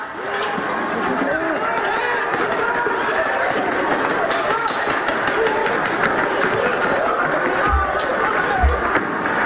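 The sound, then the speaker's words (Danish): A riot scene in Ecuador: a constant roar of crowd noise and shouting, with a steady hiss of a fire extinguisher underneath as a riot police officer sprays it to put out a fire on a policeman, probably from a molotov cocktail thrown by demonstrators. Two dull low thumps land near the end. “Det er sandsynligvis fra sådan en molotov-cocktail, som er blevet kastet af demonstranterne, og politimanden han står så og prøver at få slukket ilden ved hjælp af en brandslukker, som en af de andre kampklædte betjente har.”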